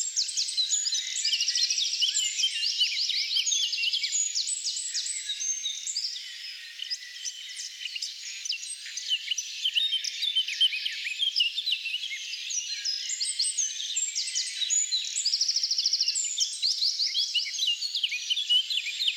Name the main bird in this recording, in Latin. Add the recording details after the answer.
Sylvia atricapilla. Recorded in the wild. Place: Lilienhof / Kaiserstuhl, Baden-Württemberg, DE. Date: 2008-05-03. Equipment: MiniDisc Sharp MT 20 H. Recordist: Schwarz, Dieter